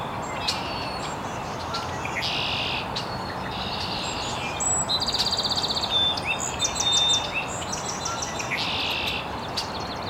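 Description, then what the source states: Birds chirping in a busy dawn chorus, with short high whistles, trills and buzzy notes overlapping above a steady rushing background hiss. Birds chirping very early in the morning in an estuary.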